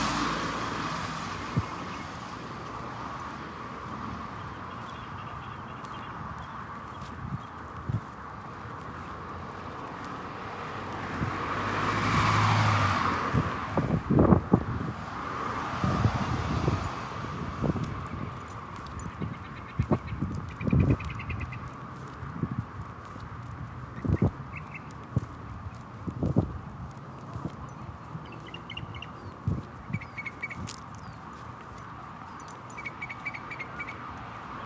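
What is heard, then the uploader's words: A car swells past around twelve seconds over a steady street hum, with scattered footsteps, clicks and brief high bird chirps throughout. Morning walk to watch the sunrise in Phoenix Arizona | Bird sounds | Cars. Take in the beautiful sounds of the birds and cars passing us on the street. We walk through the adjacent streets of Central Phoenix by our home, taking in the sights and sounds of the neighborhood as we make our way to a perfect spot to watch the sunrise by the canal. June | Summer.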